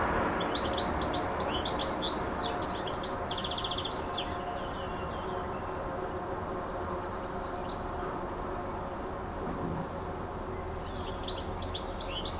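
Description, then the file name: Bird song: bursts of high, quick chirps and rapid trills, repeated in phrases with pauses, over a steady low background hum. Recorded 26 June 2014 with an MZ-N710 device. "Chant d oiseau 26 06 14"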